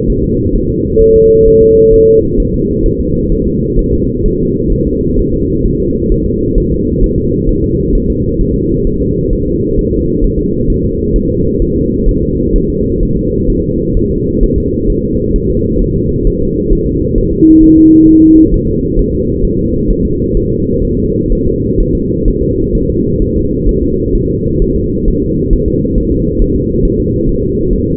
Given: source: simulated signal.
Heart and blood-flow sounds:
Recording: fetal heart sounds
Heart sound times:
0.10 s: S1
0.24 s: S2
0.55 s: S1
0.70 s: S2
1.02 s: S1
1.16 s: S2
1.48 s: S1
1.62 s: S2
1.94 s: S1
2.08 s: S2
2.40 s: S1
2.54 s: S2
2.86 s: S1
3.01 s: S2
3.32 s: S1
3.47 s: S2
3.79 s: S1
3.93 s: S2
4.26 s: S1
4.40 s: S2
4.73 s: S1
4.87 s: S2
5.19 s: S1
5.34 s: S2
5.66 s: S1
5.80 s: S2
6.12 s: S1
6.26 s: S2
6.58 s: S1
6.72 s: S2
7.04 s: S1
7.18 s: S2
7.49 s: S1
7.64 s: S2
7.95 s: S1
8.10 s: S2
8.41 s: S1
8.56 s: S2
8.87 s: S1
9.02 s: S2
9.33 s: S1
9.47 s: S2
9.79 s: S1
9.93 s: S2
10.24 s: S1
10.39 s: S2
10.70 s: S1
10.85 s: S2
11.16 s: S1
11.30 s: S2
11.62 s: S1
11.77 s: S2
12.09 s: S1
12.23 s: S2
12.56 s: S1
12.70 s: S2
13.03 s: S1
13.17 s: S2
13.50 s: S1
13.64 s: S2
13.97 s: S1
14.11 s: S2
14.43 s: S1
14.58 s: S2
14.90 s: S1
15.04 s: S2
15.36 s: S1
15.50 s: S2
15.82 s: S1
15.96 s: S2
16.27 s: S1
16.42 s: S2
16.73 s: S1
16.87 s: S2
17.18 s: S1
17.33 s: S2
17.63 s: S1
17.78 s: S2
18.09 s: S1
18.23 s: S2
18.54 s: S1
18.69 s: S2
18.99 s: S1
19.14 s: S2
19.45 s: S1
19.59 s: S2
19.91 s: S1
20.05 s: S2
20.37 s: S1
20.52 s: S2
20.85 s: S1
20.99 s: S2
21.33 s: S1
21.47 s: S2
21.80 s: S1
21.95 s: S2
22.28 s: S1
22.43 s: S2
22.75 s: S1
22.90 s: S2
23.22 s: S1
23.36 s: S2
23.69 s: S1
23.83 s: S2
24.15 s: S1
24.30 s: S2
24.62 s: S1
24.76 s: S2
25.08 s: S1
25.23 s: S2
25.53 s: S1
25.68 s: S2
25.98 s: S1
26.12 s: S2
26.42 s: S1
26.56 s: S2
26.85 s: S1
27.00 s: S2
27.29 s: S1
27.44 s: S2
27.73 s: S1
27.88 s: S2
From the record:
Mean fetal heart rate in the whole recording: 130 bpm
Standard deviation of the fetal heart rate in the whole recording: 4 bpm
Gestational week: 38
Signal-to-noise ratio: -10.2 dB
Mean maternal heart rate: 72 bpm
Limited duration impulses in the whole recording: present

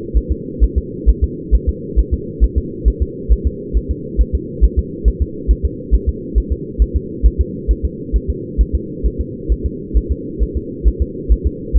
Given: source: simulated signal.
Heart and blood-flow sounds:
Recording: fetal heart sounds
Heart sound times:
0.17 s: S1
0.32 s: S2
0.64 s: S1
0.78 s: S2
1.09 s: S1
1.24 s: S2
1.55 s: S1
1.69 s: S2
1.99 s: S1
2.13 s: S2
2.44 s: S1
2.58 s: S2
2.88 s: S1
3.02 s: S2
3.33 s: S1
3.47 s: S2
3.77 s: S1
3.91 s: S2
4.21 s: S1
4.35 s: S2
4.65 s: S1
4.79 s: S2
5.08 s: S1
5.22 s: S2
5.51 s: S1
5.65 s: S2
5.94 s: S1
6.09 s: S2
6.38 s: S1
6.52 s: S2
6.82 s: S1
6.96 s: S2
7.26 s: S1
7.41 s: S2
7.71 s: S1
7.85 s: S2
8.16 s: S1
8.30 s: S2
8.61 s: S1
8.75 s: S2
9.06 s: S1
9.21 s: S2
9.52 s: S1
9.66 s: S2
9.97 s: S1
10.12 s: S2
10.43 s: S1
10.57 s: S2
10.88 s: S1
11.02 s: S2
11.32 s: S1
11.47 s: S2
11.77 s: S1
From the record:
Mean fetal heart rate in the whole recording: 135 bpm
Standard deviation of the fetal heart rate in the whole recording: 3 bpm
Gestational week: 34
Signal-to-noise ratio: -4.1 dB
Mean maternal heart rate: no maternal heart sound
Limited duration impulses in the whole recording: absent

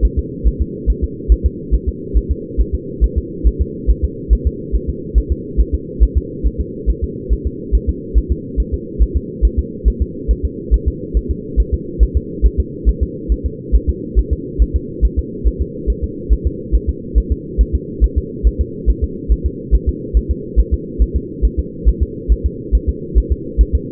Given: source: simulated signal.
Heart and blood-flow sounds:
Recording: fetal heart sounds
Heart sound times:
0.05 s: S1
0.19 s: S2
0.48 s: S1
0.62 s: S2
0.90 s: S1
1.04 s: S2
1.32 s: S1
1.46 s: S2
1.75 s: S1
1.89 s: S2
2.17 s: S1
2.31 s: S2
2.61 s: S1
2.75 s: S2
3.04 s: S1
3.18 s: S2
3.47 s: S1
3.61 s: S2
3.90 s: S1
4.05 s: S2
4.33 s: S1
4.47 s: S2
4.76 s: S1
4.90 s: S2
5.18 s: S1
5.32 s: S2
5.60 s: S1
5.75 s: S2
6.03 s: S1
6.17 s: S2
6.47 s: S1
6.61 s: S2
6.90 s: S1
7.04 s: S2
7.33 s: S1
7.47 s: S2
7.75 s: S1
7.89 s: S2
8.18 s: S1
8.32 s: S2
8.60 s: S1
8.74 s: S2
9.02 s: S1
9.17 s: S2
9.45 s: S1
9.59 s: S2
9.88 s: S1
10.02 s: S2
10.31 s: S1
10.45 s: S2
10.74 s: S1
10.88 s: S2
11.17 s: S1
11.31 s: S2
11.60 s: S1
11.74 s: S2
12.03 s: S1
12.17 s: S2
12.46 s: S1
12.60 s: S2
12.89 s: S1
13.03 s: S2
13.32 s: S1
13.46 s: S2
13.75 s: S1
13.90 s: S2
14.19 s: S1
14.33 s: S2
14.62 s: S1
14.76 s: S2
15.05 s: S1
15.19 s: S2
15.48 s: S1
15.62 s: S2
15.90 s: S1
16.04 s: S2
16.33 s: S1
16.47 s: S2
16.75 s: S1
16.89 s: S2
17.18 s: S1
17.32 s: S2
17.61 s: S1
17.75 s: S2
18.04 s: S1
18.18 s: S2
18.47 s: S1
18.61 s: S2
18.90 s: S1
19.04 s: S2
19.32 s: S1
19.46 s: S2
19.75 s: S1
19.89 s: S2
20.17 s: S1
20.31 s: S2
20.60 s: S1
20.74 s: S2
21.02 s: S1
21.16 s: S2
21.45 s: S1
21.59 s: S2
21.89 s: S1
22.03 s: S2
22.32 s: S1
22.46 s: S2
22.75 s: S1
22.89 s: S2
23.18 s: S1
23.32 s: S2
23.61 s: S1
23.75 s: S2
From the record:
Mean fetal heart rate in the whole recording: 140 bpm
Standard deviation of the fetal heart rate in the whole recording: 2 bpm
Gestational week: 34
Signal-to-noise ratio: -4.1 dB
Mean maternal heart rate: no maternal heart sound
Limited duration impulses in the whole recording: absent

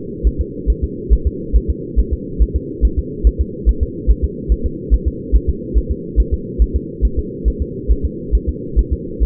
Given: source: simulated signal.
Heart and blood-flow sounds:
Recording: fetal heart sounds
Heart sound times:
0.27 s: S1
0.41 s: S2
0.70 s: S1
0.84 s: S2
1.13 s: S1
1.27 s: S2
1.56 s: S1
1.70 s: S2
2.00 s: S1
2.13 s: S2
2.42 s: S1
2.56 s: S2
2.85 s: S1
2.99 s: S2
3.27 s: S1
3.41 s: S2
3.69 s: S1
3.83 s: S2
4.10 s: S1
4.24 s: S2
4.52 s: S1
4.66 s: S2
4.94 s: S1
5.08 s: S2
5.35 s: S1
5.50 s: S2
5.78 s: S1
5.91 s: S2
6.20 s: S1
6.34 s: S2
6.62 s: S1
6.76 s: S2
7.05 s: S1
7.19 s: S2
7.48 s: S1
7.62 s: S2
7.91 s: S1
8.05 s: S2
8.35 s: S1
8.49 s: S2
8.79 s: S1
8.93 s: S2
9.23 s: S1
From the record:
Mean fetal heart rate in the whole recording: 140 bpm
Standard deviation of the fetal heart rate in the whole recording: 2 bpm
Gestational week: 34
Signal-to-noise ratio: -4.3 dB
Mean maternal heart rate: 72 bpm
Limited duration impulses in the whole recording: present

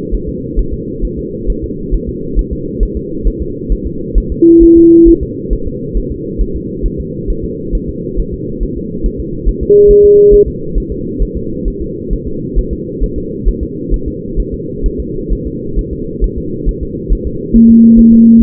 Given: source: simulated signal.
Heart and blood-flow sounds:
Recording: fetal heart sounds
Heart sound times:
0.15 s: S1
0.29 s: S2
0.59 s: S1
0.74 s: S2
1.05 s: S1
1.19 s: S2
1.50 s: S1
1.64 s: S2
1.94 s: S1
2.09 s: S2
2.39 s: S1
2.53 s: S2
2.83 s: S1
2.97 s: S2
3.27 s: S1
3.42 s: S2
3.72 s: S1
3.87 s: S2
4.18 s: S1
4.32 s: S2
4.63 s: S1
4.77 s: S2
5.08 s: S1
5.23 s: S2
5.53 s: S1
5.67 s: S2
5.97 s: S1
6.12 s: S2
6.41 s: S1
6.56 s: S2
6.86 s: S1
7.00 s: S2
7.30 s: S1
7.44 s: S2
7.75 s: S1
7.89 s: S2
8.19 s: S1
8.34 s: S2
8.63 s: S1
8.78 s: S2
9.06 s: S1
9.20 s: S2
9.49 s: S1
9.63 s: S2
9.91 s: S1
10.05 s: S2
10.34 s: S1
10.48 s: S2
10.78 s: S1
10.92 s: S2
11.22 s: S1
11.37 s: S2
11.68 s: S1
11.82 s: S2
12.13 s: S1
12.28 s: S2
12.59 s: S1
12.73 s: S2
13.03 s: S1
13.18 s: S2
13.49 s: S1
13.63 s: S2
13.94 s: S1
14.08 s: S2
14.40 s: S1
14.54 s: S2
14.86 s: S1
15.00 s: S2
15.32 s: S1
15.47 s: S2
15.79 s: S1
15.93 s: S2
16.24 s: S1
16.38 s: S2
16.69 s: S1
16.83 s: S2
17.12 s: S1
17.27 s: S2
17.56 s: S1
17.70 s: S2
17.99 s: S1
18.13 s: S2
18.42 s: S1
From the record:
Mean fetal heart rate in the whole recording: 135 bpm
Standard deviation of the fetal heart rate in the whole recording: 3 bpm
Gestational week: 36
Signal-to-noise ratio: -6.6 dB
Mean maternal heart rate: 72 bpm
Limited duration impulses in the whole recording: present

